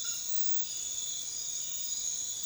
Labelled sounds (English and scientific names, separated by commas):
none